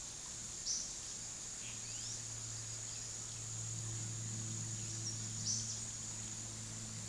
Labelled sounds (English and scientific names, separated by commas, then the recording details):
none
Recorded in pastures near Puerto Asís, Putumayo, Colombia, on 20 February 2024 at 14:00
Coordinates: 0.468, -76.328
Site G6414